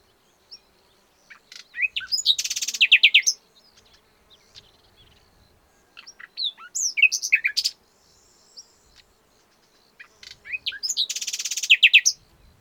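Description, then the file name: Common nightingale song: three loud phrases about every four seconds, each moving from rapid repeated notes into a dense buzzing rattle, with short soft notes between. "Luscinia megarhynchos"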